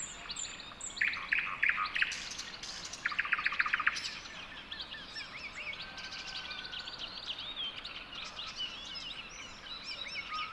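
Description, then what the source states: Bird chorus with two short bursts of fast trilling near the start, then many overlapping high chirps, whistles and slurred notes. Song recorded within a dawn chorus.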